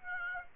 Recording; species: mosquito wingbeat signal from an infrared sensor; Aedes aegypti